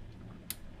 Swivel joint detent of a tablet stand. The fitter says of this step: ちょっとだけカチカチっと音が聞こえますように止まるところがちゃんとあって